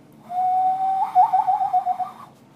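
Loon call: a steady whistled note that breaks into a quavering, wavering tremolo for about a second.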